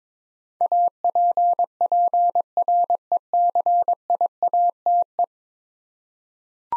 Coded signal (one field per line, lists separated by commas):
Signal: Morse code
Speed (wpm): 22 wpm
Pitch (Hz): 700 Hz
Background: none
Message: APPRECIATE